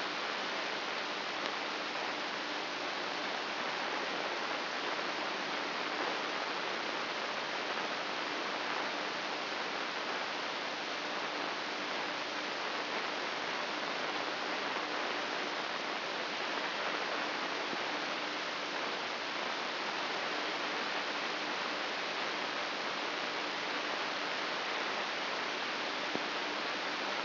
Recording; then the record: brain microelectrode recording played as sound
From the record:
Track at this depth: inside the subthalamic nucleus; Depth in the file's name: 4.385 mm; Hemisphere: left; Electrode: 2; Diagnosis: Parkinson's disease